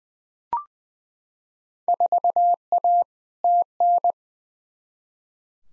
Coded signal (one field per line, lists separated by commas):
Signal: Morse code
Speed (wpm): 20 wpm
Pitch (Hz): 700 Hz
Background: none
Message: 4A TN